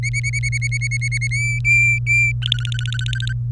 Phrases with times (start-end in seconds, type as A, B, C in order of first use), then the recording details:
0.03-1.28 A, 1.31-2.33 B, 2.42-3.33 C. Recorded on 23 April 2018 at 17:21. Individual llb3